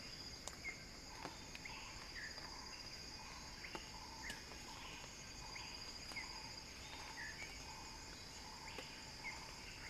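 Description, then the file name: Cicadas buzz in a continuous shrill whine, while a lower pulsed call repeats steadily and occasional short chirps and clicks break through. Cicada song building as a crescendo. "earth-fm Axel-Drioli Cicada-Crescendo-Sounding-Wild"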